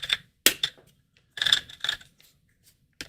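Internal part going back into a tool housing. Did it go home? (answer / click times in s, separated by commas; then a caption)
yes / 0.5 s. While a taken-apart tool is being reassembled, an internal part is rotated to line up with a seam in the tool housing, and a sharp click at 0.5 s marks it seating in place. Other short clicks and rattles follow around 0.6 s, 1.4–1.9 s and 3.0 s. The part is confirmed seated inside the housing.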